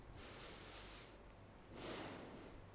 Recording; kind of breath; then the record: one breath in and out by a microphone near the nose and mouth; deep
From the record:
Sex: male